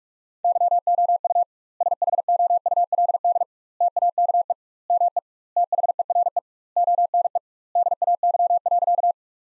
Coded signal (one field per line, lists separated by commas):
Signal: Morse code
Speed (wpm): 42 wpm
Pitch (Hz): 700 Hz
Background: none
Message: YOU SHOULD TAKE ME THERE ONE DAY.